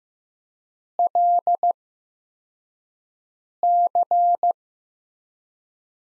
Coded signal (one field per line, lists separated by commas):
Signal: Morse code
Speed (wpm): 15 wpm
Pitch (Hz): 700 Hz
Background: none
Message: LC